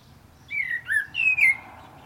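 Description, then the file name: Common blackbird giving a brief phrase of four clear, fluty whistles, rising and falling slightly, with near silence around them. "Turdus merula"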